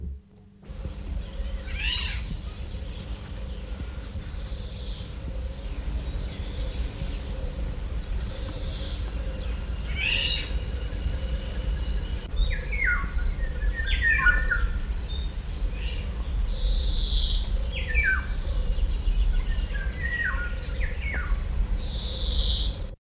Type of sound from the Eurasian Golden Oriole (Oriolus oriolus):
song